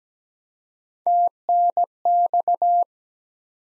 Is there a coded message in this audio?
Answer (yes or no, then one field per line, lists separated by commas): yes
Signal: Morse code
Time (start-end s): 1.1-2.8 s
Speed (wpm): 17 wpm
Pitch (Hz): 700 Hz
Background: none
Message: TNX